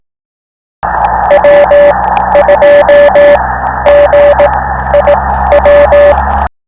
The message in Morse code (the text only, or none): W2GIW